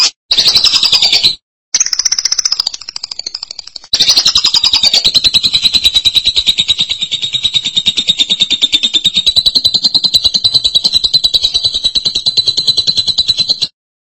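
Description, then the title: Lovebird singing, a couple of shrill bursts and then a long rapid, rattling trill of high notes that carries on steadily for about ten seconds before stopping. "BM Suara Burung Lovebird"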